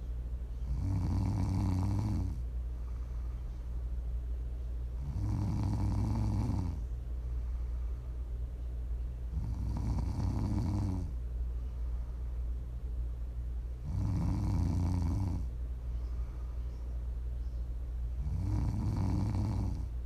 Please enjoy some prime ASMR snoring. You can listen to sleep, to relax, to wind down, whatever you want.